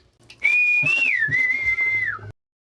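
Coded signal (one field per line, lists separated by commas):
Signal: whistled language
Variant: Kongthong jingrwai iawbei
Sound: a single clear whistled tune gliding up, down and level for two seconds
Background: faint low hum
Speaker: लाइक माय नेम इज फीडिंग स्टार बट हियर इन द विलेज ना दे यूज्ड टू कॉल मी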